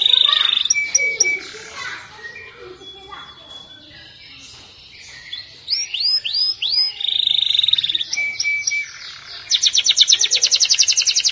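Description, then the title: Canary song in varied bursts: short steady whistled notes, a quieter pause, then swooping notes and a fast buzzy high trill at the end. "Kenari"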